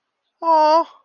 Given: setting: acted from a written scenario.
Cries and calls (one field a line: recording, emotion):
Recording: vocal sound without words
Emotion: adoration